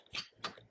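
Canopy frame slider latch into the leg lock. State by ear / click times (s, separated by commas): seated / 0.5 s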